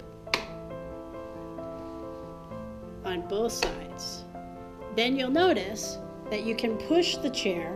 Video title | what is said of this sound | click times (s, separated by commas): FOLD & GO WHEELCHAIRS® - Manual Power | you're going to push those forward till you hear the snap | 0.3 s